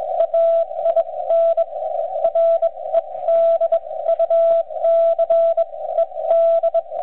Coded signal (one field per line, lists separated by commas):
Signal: Morse code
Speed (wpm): 21 wpm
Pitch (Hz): 660 Hz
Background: radio noise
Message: AIN REDUCED